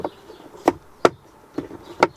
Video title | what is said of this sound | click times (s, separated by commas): Yeah I got my service on! | twist it that's it locked into place now | 2.0 s